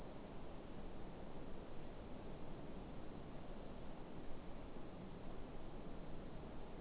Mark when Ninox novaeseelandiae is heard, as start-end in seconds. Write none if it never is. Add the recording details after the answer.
none. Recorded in New Zealand. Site Eglinton